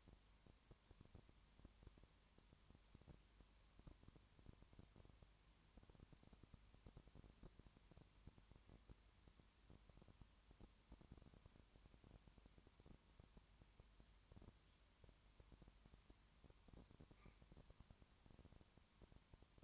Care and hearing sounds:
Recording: daily activity, microphone in the room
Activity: no activity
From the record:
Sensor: 3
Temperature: 20.5 degrees Celsius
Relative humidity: 34.6%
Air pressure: 1001.1 hPa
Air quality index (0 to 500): 195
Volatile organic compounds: 6 ppm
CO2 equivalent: 1857 ppm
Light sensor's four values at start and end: 2/3/2/2 and 2/3/2/2

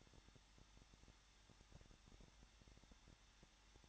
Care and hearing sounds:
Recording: daily activity, microphone in the room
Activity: no activity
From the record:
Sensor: 3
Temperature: 21.2 degrees Celsius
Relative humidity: 36.4%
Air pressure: 1006.4 hPa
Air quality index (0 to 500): 222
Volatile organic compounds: 42 ppm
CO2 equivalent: 3181 ppm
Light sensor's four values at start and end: 2/3/2/2 and 2/3/2/2

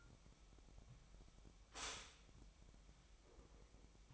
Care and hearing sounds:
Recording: daily activity, microphone in the room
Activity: stop toaster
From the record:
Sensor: 1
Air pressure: 1001.9 hPa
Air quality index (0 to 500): 238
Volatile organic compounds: 43 ppm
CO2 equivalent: 3191 ppm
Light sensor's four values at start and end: 11/36/13/15 and 11/36/13/15

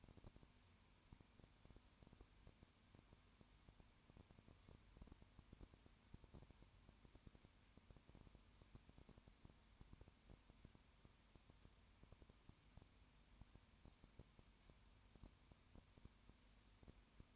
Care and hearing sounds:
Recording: daily activity, microphone in the room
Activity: no activity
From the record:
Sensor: 2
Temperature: 20.8 degrees Celsius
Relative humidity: 38.3%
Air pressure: 1010.4 hPa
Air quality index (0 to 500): 200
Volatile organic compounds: 19 ppm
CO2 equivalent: 2652 ppm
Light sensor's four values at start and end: 2/3/2/2 and 2/3/2/2

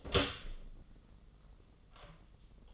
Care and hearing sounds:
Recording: daily activity, microphone in the room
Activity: open door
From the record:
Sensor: 4

